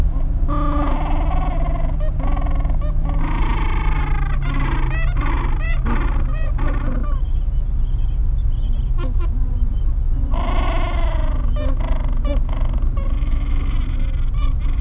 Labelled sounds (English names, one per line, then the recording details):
Gentoo Penguin
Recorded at the colony at Neko Harbor, Antarctica, on 26 January 2015
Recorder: Song Meter SM2+